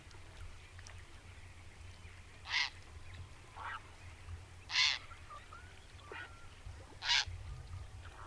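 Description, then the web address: Grey heron giving short, harsh, rasping calls roughly every two seconds, three louder ones and a few fainter, over a low rumbling background. "agykontroll Madardalok Cd 3. Szürke gém"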